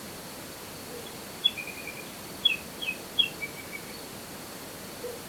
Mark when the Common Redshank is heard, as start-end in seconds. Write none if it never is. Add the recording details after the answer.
1.05-1.10, 1.43-2.02, 2.42-3.79. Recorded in France